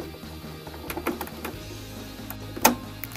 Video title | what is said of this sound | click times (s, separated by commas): BROTHER Stickmaschinen reinigen und ölen | einrasten lassen. Gut, es ist ein bisschen Übungssache, genau. | 2.7 s